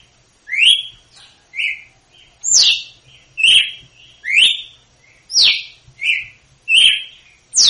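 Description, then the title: Red-cowled cardinal singing a series of loud, clear whistled notes, some sliding down and others flat, delivered roughly once a second with short pauses between. Female 'açoite' song, used to teach young birds; Northeast Brazil song style. "Canto Galo Campina Fêmea. GALO DE CAMPINA/ AÇOITE PARA ENSINAR FILHOTE (CANTO DO NORDESTE)"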